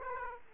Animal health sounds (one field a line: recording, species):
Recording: mosquito wingbeat signal from an infrared sensor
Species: Aedes aegypti